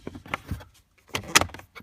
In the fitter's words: click click click make sure you hear it click